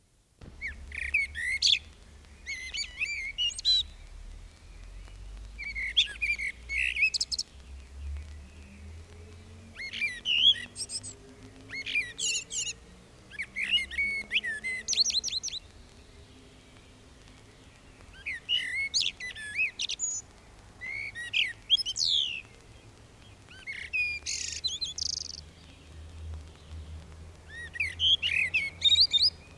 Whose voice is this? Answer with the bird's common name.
Common Blackbird